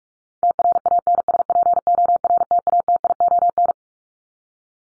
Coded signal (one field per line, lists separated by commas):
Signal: Morse code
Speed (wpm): 44 wpm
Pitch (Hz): 700 Hz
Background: none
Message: TRANSPORTATION